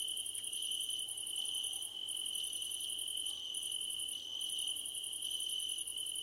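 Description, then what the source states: Crickets in chorus, shrill pulsing trills repeating in short bursts above a steady high-pitched hum. Night-time cricket ambience under a starlit sky.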